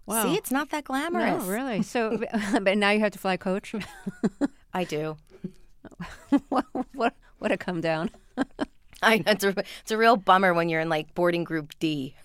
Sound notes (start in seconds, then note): 3.8 laughter; 5.8 laughter